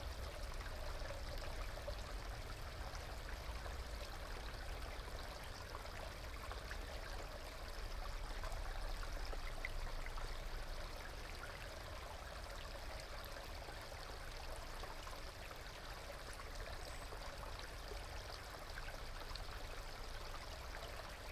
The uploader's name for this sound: Clear Creek, Brook